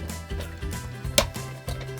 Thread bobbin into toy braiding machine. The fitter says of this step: and then once it's clicked into place,